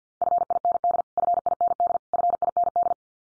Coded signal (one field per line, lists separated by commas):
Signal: Morse code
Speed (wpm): 50 wpm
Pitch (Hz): 700 Hz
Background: none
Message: FIND FIND FIND